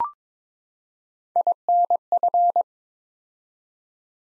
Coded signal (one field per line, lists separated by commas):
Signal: Morse code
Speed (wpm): 23 wpm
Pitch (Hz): 700 Hz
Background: none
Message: INF